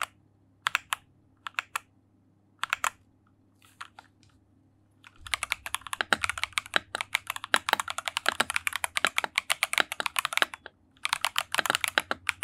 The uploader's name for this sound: ASMR keyboard typing